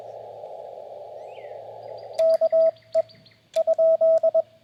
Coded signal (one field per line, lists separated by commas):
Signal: Morse code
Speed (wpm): 22 wpm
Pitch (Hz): 650 Hz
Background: none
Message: KE ?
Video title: CW POTA Activation w/ G90 and Random Wire